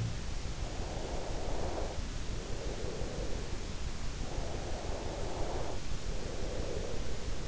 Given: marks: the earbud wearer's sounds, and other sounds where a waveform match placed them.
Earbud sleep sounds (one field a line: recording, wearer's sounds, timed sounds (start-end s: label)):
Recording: sounds in sleep by an in-ear microphone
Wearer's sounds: breath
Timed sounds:
0.53-3.52 s: breath
4.13-7.48 s: breath